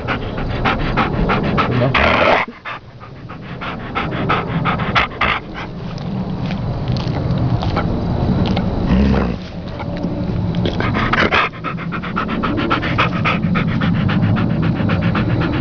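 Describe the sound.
Dog giving a long, throaty growl with pulsing, breathy rasps, broken by a few brief dips before the rumbling resumes.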